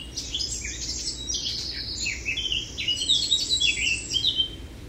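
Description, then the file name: Eurasian blackcap song: a sustained stream of fast varied warbled notes with some clear whistles, over a steady low rumble. "Sylvia atricapilla"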